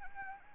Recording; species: mosquito wingbeat signal from an infrared sensor; Anopheles arabiensis